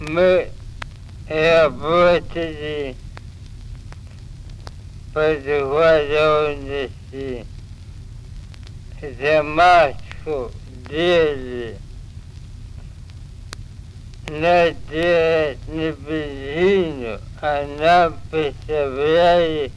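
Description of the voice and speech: A 63-year-old man speaks Russian in short, slow bursts with long pauses, drawn-out vowels, flat pitch and blurred, distorted consonants. This is pseudobulbar dysarthria: slurred like bulbar dysarthria but stretched out and monotonous.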